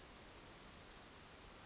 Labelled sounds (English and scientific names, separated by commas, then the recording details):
Brown Creeper (Certhia americana)
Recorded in Sonoma County, California